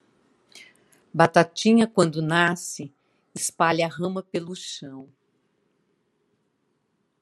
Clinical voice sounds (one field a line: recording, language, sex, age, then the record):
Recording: short text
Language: Brazilian Portuguese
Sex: female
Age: 50 to 59 years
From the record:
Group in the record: control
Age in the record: 59 years